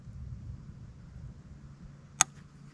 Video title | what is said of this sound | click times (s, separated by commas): First Ever Bobcat! - First Night Catch! | it clicked and place right there so it's ready to go get that crap off of there | 2.2 s